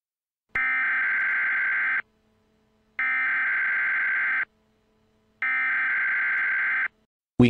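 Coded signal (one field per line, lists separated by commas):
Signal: Emergency Alert System (SAME) tones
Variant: header bursts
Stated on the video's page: Fictional nuclear attack EAS scenario made for fun; the SAME tones may or may not be valid.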